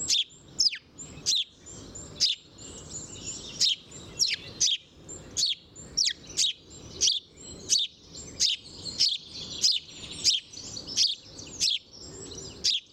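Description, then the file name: House sparrow chirping, loud sharp chirps repeated roughly every half second to second, with steady high twittering behind. "Passer domesticus"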